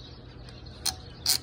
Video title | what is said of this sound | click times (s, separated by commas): E-bike carrier Hollywood Racks #bikecarrier #ebike #ebikes #bike #bikes #bicycle #rv #carrier #rack | That's how it snaps in place. | 0.9 s